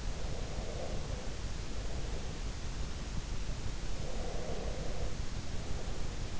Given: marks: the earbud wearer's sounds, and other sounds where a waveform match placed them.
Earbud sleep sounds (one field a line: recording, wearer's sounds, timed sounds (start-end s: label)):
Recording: sounds in sleep by an in-ear microphone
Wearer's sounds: breath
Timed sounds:
0.04-2.64 s: breath
3.81-6.40 s: breath